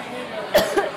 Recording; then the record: coughing mixed with background sound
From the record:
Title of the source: Coughing Woman Sound - Woman Cough Sound Effect